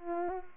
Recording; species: mosquito wingbeat signal from an infrared sensor; Culex pipiens